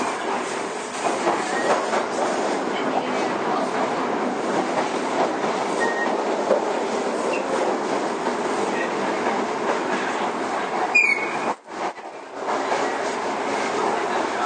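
A Toei 5300 series subway train runs between Oshiage and Gotanda, its steady rumble and rattle filling the whole stretch with dense, even noise. Just before the twelve-second mark a brief squeal is followed by a sudden dip and hollow lull before the roar returns.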